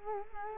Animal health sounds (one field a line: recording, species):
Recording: mosquito wingbeat signal from an infrared sensor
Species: Culex quinquefasciatus